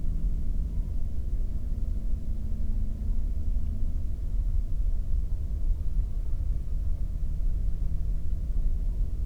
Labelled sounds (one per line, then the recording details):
bird
man-made sound
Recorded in the Prudhoe Bay oil fields, Alaska, on 22 May 2019 at 00:30
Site 19